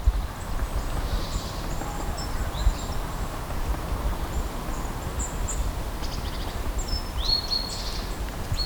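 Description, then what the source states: Birds calling: thin high chirps from several birds over constant low rumbling background noise. In a forest.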